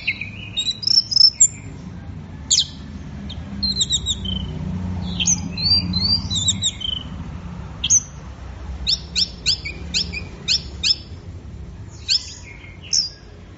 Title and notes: Anis Merah Gacor Teler. Kumpulan Suara Burung Anis